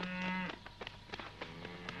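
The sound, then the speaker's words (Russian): A cow lets out one low, droning moo lasting about half a second, followed by scattered irregular knocks and shuffling sounds from a herd of cows arriving by a lake, in the film Тени исчезают в полдень. “Вместе со стадом коров появляется”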